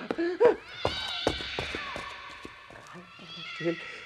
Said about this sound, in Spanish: ¡Maldito gato! ¡Mira lo que has provocado!